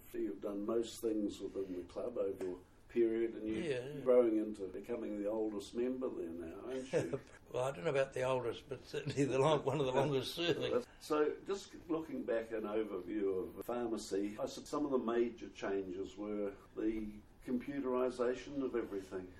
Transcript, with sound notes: you’ve done most things within the Club over your period and you’re growing into becoming the oldest member there now, aren’t you? [Chuckle] Well I don’t know about the oldest, but certainly one of the longest-serving. [Chuckle] So just looking back… an overview of pharmacy, I suppose some of the major changes were the computerisation of everything.